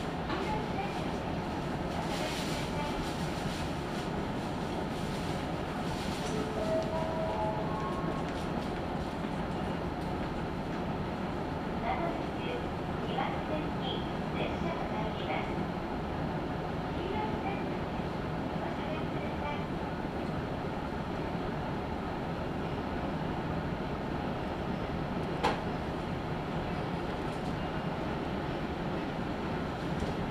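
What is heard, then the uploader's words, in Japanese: A ride on the Izuhakone Railway Daiyuzan Line, with the train's steady, dense rumble of wheels and motor running unbroken for the whole stretch. Faint voices surface now and then, mostly around the middle, and a brief sharp knock sounds near the end. 伊豆箱根鉄道 大雄山線 小田原→大雄山。列車は３両編成で12分間隔と単線区間の中では最も頻繁に走る路線の一つです。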